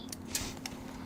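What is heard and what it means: A graphics card is lined up and pressed into the motherboard's PCIe slot with the slot latch open, and it seats with a sharp, fast-fading click at 0.7 s. A few fainter taps come before it over a steady low hum.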